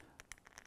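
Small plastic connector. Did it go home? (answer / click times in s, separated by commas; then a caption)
yes / 0.3 s. Two 3D-printed connector halves (PLA/PETG, with magnets inside) for the hose on an R2D2 robot battery box are brought together, and magnetic force pulls one half into its mating half. A series of short, light ticks and scrapes is heard, with the sharpest click at 0.3 s as the halves snap together. The hose connector is seated.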